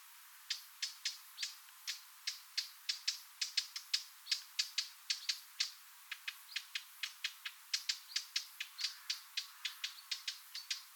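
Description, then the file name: Eurasian blackcap uttering a rapid series of hard tack calls, dry clicking notes coming irregularly several per second, sometimes in quick pairs, against a quiet background. "Sylvia atricapilla"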